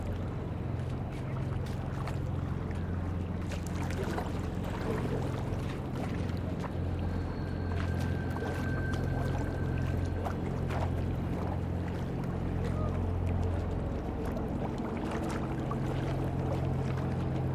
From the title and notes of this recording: Spree waves from stairs under Paul-Löbe-Haus opposite to Marie-Elisabeth-Lüders-Haus. Location: Berlin, Germany.